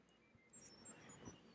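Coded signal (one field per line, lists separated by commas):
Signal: data over sound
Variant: Chirp.io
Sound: quick series of short pure beeps hopping between pitches, quiet, like a tiny melody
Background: room noise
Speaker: okay cool I'm gonna toggle one of these and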